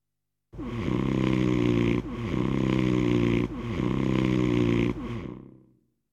Man snoring.